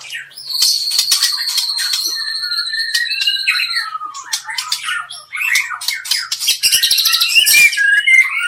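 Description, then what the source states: White-rumped shama song, a dense run of rapid buzzy notes, sharp chips and long whistled phrases, rich and varied throughout. Murai song of the Medan type.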